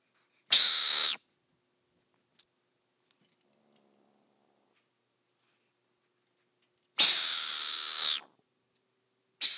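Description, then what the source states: Mongoose giving harsh noisy hisses, a short one early and a longer one of over a second about six seconds later, with a third starting at the end, silent in between. Recorded in summer 2014.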